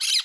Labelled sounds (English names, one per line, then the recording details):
Brown-throated Parakeet contact call
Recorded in Curacao
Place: Hoffi Jan Thiel
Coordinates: 12.094, -68.877